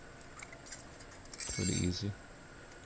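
Old metal brake pad abutment clips (shims) are popped off a brake caliper bracket during a fix for steering wheel and car vibration when braking at highway speed, giving a quick series of sharp metallic clicks at 0.2, 0.4, 0.7, 1.0, 1.3 and 1.3 seconds. Someone then talks briefly. The old clips come off easily and are released from the bracket.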